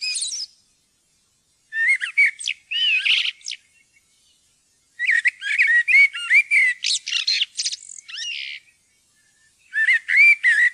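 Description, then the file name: Common blackbird singing: fluty warbled phrases that break into high, scratchy twittering endings, delivered in bursts separated by short silent pauses; no other sounds. "svarttrost"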